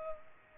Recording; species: mosquito wingbeat signal from an infrared sensor; Culex pipiens